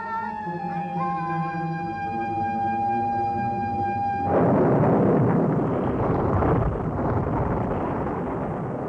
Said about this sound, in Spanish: En la profunda negrura de la noche se ha desencadenado una tormenta. La balsa y el náufrago están a merced de las enormes olas.